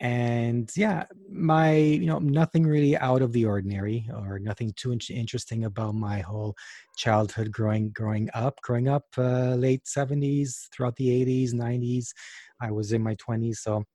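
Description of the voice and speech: Adult male narrating with repeated phrases, a stretched word and brief hesitations, fitting mild to moderate stuttering that has been present since childhood, with a family history of stuttering in his grandfather and the grandfather's sisters.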